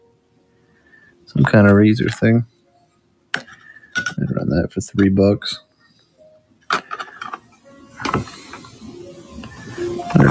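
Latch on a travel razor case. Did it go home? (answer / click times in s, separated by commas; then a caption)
no / none. Someone talks while handling a small travel razor case and trying to close it, with sharp handling clicks and taps around 3.3, 4.1, 6.7, 7.3, 8.1 and 10.3 seconds. The case latch fails to catch because something is missing from it, so nothing has latched.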